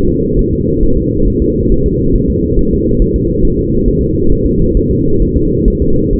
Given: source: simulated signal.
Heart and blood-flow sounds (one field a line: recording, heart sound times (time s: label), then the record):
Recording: fetal heart sounds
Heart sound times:
0.09 s: S2
0.39 s: S1
0.53 s: S2
0.83 s: S1
0.97 s: S2
1.28 s: S1
1.42 s: S2
1.72 s: S1
1.86 s: S2
2.16 s: S1
2.30 s: S2
2.59 s: S1
2.73 s: S2
3.02 s: S1
3.16 s: S2
3.45 s: S1
3.59 s: S2
3.88 s: S1
4.02 s: S2
4.32 s: S1
4.46 s: S2
4.77 s: S1
4.91 s: S2
5.22 s: S1
5.36 s: S2
5.68 s: S1
5.82 s: S2
6.13 s: S1
From the record:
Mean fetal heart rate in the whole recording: 135 bpm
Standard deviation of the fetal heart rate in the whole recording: 3 bpm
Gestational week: 36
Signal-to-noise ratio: -16.4 dB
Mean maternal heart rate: 72 bpm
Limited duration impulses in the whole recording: present